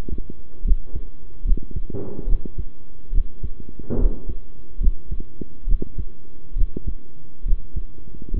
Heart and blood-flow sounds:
heart sounds by stethoscope; between the tricuspid and mitral areas; 70 bpm
0.64 s: heartbeat
1.44 s: heartbeat
2.27 s: heartbeat
3.12 s: heartbeat
3.98 s: heartbeat
4.80 s: heartbeat
5.66 s: heartbeat
6.55 s: heartbeat
7.45 s: heartbeat
8.33 s: heartbeat
From the record:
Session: rest, sitting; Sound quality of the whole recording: good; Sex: male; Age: 23 years

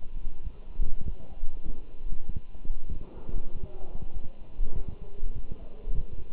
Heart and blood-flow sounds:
heart sounds by stethoscope; between the tricuspid and mitral areas; 98 bpm
0.43 s: heartbeat
1.05 s: heartbeat
1.66 s: heartbeat
2.27 s: heartbeat
2.90 s: heartbeat
3.52 s: heartbeat
4.14 s: heartbeat
4.75 s: heartbeat
5.35 s: heartbeat
5.95 s: heartbeat
From the record:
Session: walking at 3.7 km/h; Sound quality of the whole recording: good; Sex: male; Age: 24 years

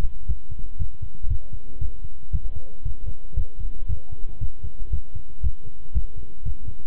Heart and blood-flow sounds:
heart sounds by stethoscope; between the tricuspid and mitral areas; 117 bpm
0.28 s: heartbeat
0.79 s: heartbeat
1.29 s: heartbeat
1.81 s: heartbeat
2.33 s: heartbeat
2.85 s: heartbeat
3.36 s: heartbeat
3.88 s: heartbeat
4.41 s: heartbeat
4.92 s: heartbeat
5.43 s: heartbeat
5.94 s: heartbeat
6.45 s: heartbeat
From the record:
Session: walking at 3.7 km/h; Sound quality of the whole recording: good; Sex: male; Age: 25 years

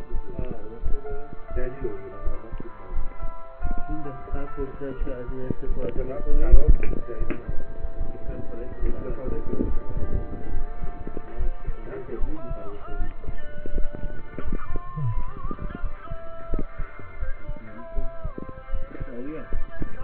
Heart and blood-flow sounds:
heart sounds by stethoscope; between the tricuspid and mitral areas; 80 bpm
0.11 s: heartbeat
0.81 s: heartbeat
1.51 s: heartbeat
2.22 s: heartbeat
2.92 s: heartbeat
3.60 s: heartbeat
4.29 s: heartbeat
4.97 s: heartbeat
5.66 s: heartbeat
6.38 s: heartbeat
7.17 s: heartbeat
7.97 s: heartbeat
8.78 s: heartbeat
9.64 s: heartbeat
10.51 s: heartbeat
11.36 s: heartbeat
12.18 s: heartbeat
12.96 s: heartbeat
13.72 s: heartbeat
14.43 s: heartbeat
15.13 s: heartbeat
15.80 s: heartbeat
16.48 s: heartbeat
17.18 s: heartbeat
17.93 s: heartbeat
18.69 s: heartbeat
19.49 s: heartbeat
From the record:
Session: rest, lying down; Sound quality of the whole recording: partially saturated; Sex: male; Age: 27 years

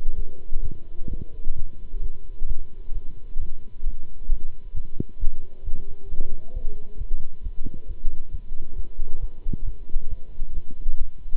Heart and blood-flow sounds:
heart sounds by stethoscope; between the tricuspid and mitral areas; 133 bpm
0.15 s: heartbeat
0.61 s: heartbeat
1.08 s: heartbeat
1.54 s: heartbeat
2.01 s: heartbeat
2.46 s: heartbeat
2.92 s: heartbeat
3.38 s: heartbeat
3.83 s: heartbeat
4.28 s: heartbeat
4.73 s: heartbeat
5.18 s: heartbeat
5.63 s: heartbeat
6.08 s: heartbeat
6.53 s: heartbeat
6.97 s: heartbeat
7.42 s: heartbeat
7.86 s: heartbeat
8.30 s: heartbeat
8.75 s: heartbeat
9.19 s: heartbeat
9.63 s: heartbeat
10.08 s: heartbeat
10.53 s: heartbeat
10.97 s: heartbeat
From the record:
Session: Bruce protocol treadmill stress test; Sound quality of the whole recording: good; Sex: male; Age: 26 years

